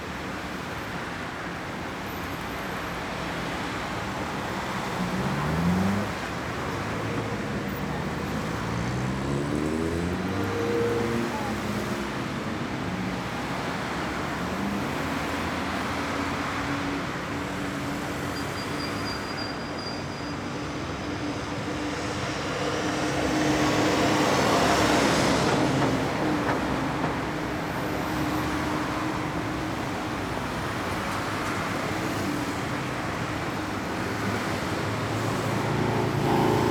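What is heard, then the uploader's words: Steady town traffic hums throughout, with engines rumbling. Around six to twelve seconds a vehicle audibly accelerates and shifts through gears, and from about twenty-three seconds the sound swells as louder traffic passes, staying busy to the end. Traffic Ambience in the Town.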